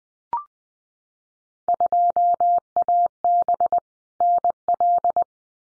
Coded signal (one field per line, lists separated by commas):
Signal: Morse code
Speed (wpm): 20 wpm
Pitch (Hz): 700 Hz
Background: none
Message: 2AB NL